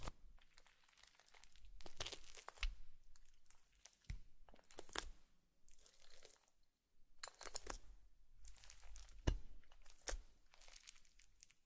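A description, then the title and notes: Wet slime sounds squish and crackle in bursts, each a second or two long, with brief quiet gaps between them. The squelches are bright and crisp, with sharp pops and snaps near the start and around nine seconds. Slime Sounds.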